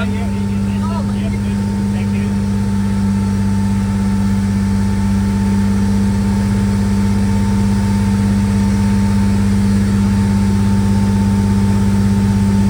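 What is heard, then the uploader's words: A fishing boat's engine drones steadily, a deep, even hum with a thin whine above it that never changes pitch or volume. Faint wavering calls, possibly a voice or a bird, surface briefly in the first two seconds. Fishing boat on Lake Rotomanu.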